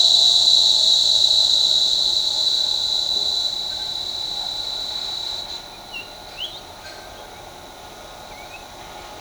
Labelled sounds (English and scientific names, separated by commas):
Olive-grey Saltator (Saltator olivascens)